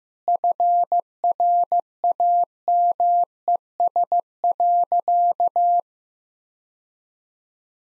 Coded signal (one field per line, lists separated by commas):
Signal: Morse code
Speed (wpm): 15 wpm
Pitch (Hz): 700 Hz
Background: none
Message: FRAMES.